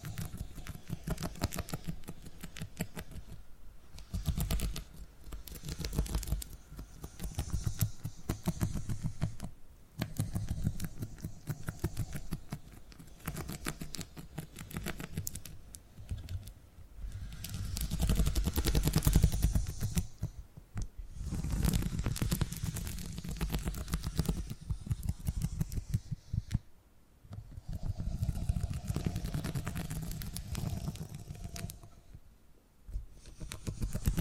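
Purring fills the recording with a dense, rapid low rumble broken by fine crackly ticks. It swells and fades in waves, loudest around 18 to 20 seconds, with brief near-silent gaps near 4, 10, 27 and 33 seconds.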